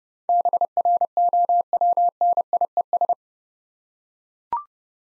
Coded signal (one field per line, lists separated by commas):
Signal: Morse code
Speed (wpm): 29 wpm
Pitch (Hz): 700 Hz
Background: none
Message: BROWNIES